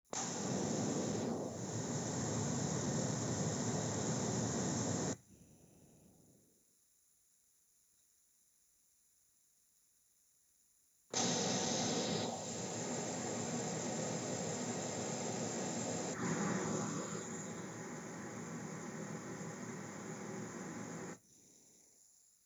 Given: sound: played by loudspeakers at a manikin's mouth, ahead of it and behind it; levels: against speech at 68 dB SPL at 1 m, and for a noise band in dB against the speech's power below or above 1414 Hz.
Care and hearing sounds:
test signals for a remote microphone
0.13-5.13 s: speech-spectrum noise from the mouth, +10 dB
11.13-16.13 s: speech-spectrum noise from ahead, +10 dB
16.13-21.13 s: speech-spectrum noise from behind, +10 dB
From the record:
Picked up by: remote microphone A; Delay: 47 ms

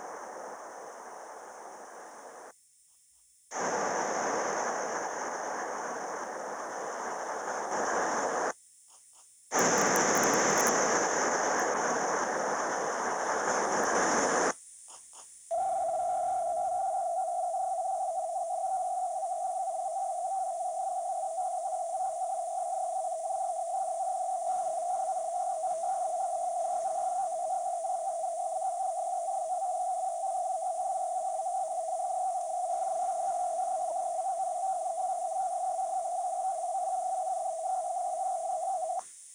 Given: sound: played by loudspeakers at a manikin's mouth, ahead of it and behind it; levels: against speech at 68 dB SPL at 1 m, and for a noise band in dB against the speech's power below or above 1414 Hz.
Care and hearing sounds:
test signals for a remote microphone
0.00-2.50 s: speech-spectrum noise, -10 dB
3.50-8.50 s: speech-spectrum noise, 0 dB
9.50-14.50 s: speech-spectrum noise, +10 dB
15.50-38.99 s: noise band at 707 Hz, as loud as that band is in speech
From the record:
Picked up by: remote microphone C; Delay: 23 ms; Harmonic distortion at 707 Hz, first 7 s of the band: under -32 dB

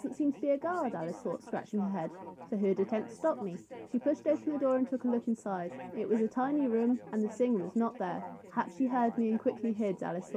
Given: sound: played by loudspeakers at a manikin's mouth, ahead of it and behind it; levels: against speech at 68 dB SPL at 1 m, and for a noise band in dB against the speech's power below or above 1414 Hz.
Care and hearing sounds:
test signals for a remote microphone
0.00-10.37 s: woman speaking, babble ahead at +6 dB SNR for speech at 1 m
From the record:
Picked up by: measurement microphone

